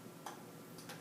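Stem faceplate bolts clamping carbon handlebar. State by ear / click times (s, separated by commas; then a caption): torque reached / 0.3 s. A torque wrench with a 6 mm hex bit tightens the stem faceplate bolts clamping carbon handlebars on a Santa Cruz Bronson Carbon build, with carbon fiber compound added. The wrench clicks sharply at 0.3 s, reaching its set torque of around 6 Nm, and the bolts are confirmed tight. A second faint tick follows near 0.9 s over a steady low background.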